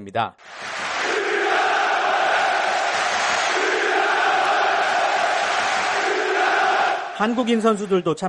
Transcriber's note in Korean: 녹취: 축구장 관중 함성